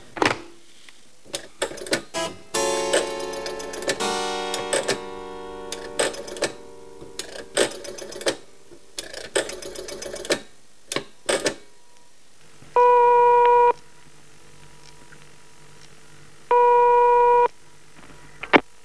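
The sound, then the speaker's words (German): A phone number is dialed with a series of mechanical clicks and whirring, then a steady electronic ringing tone sounds twice, each ring about a second long with a pause between. “Entschuldigen Sie mich einen Augenblick, ich werde jetzt telefonieren.”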